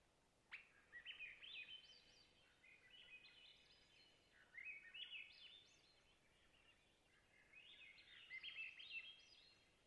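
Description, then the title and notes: Swainson's thrush singing upward-spiralling flute-like phrases, four phrases with short pauses between, soft background hiss. Spring twilight night at a clear lake in hilly boreal taiga of white spruce and mosses, Long Lake, Talkeetna, Alaska; 49-61°F, light to no wind; mid-side recording with MKH8040 and MKH30 microphones. "Swainson's Thrush - Catharus Ustulatus - surrounded. Location: Long Lake, Talkeetna, AK"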